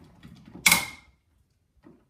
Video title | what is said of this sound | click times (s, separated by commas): How to use an Electricians Torque Screwdriver On a Distribution Board to Manufactures Instructions | connection comes in torque screwdriver until we hear a click and therefore we're at the right | 0.7 s